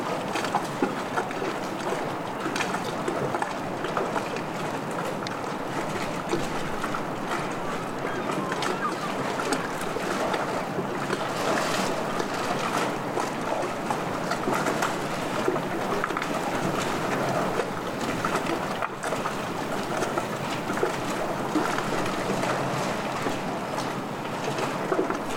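Waves lap and churn in a stormy harbour, a thick, steady wash of water that fills the mids and highs for the full 25 seconds. The level barely changes, with only small surges and brief splashy flickers rising through the dense, unbroken roar.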